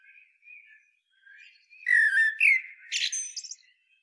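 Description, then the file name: Common blackbird song: quiet warbling, then a loud mellow whistled phrase breaking into a high, squeaky, chattering flourish. "Turdus merula"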